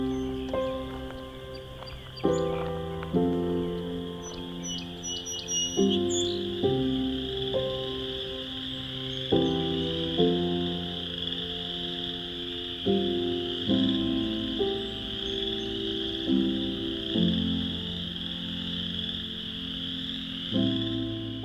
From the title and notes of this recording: An Evening With Chorus Frogs. Thousands, maybe tens of thousands, of chorus frogs.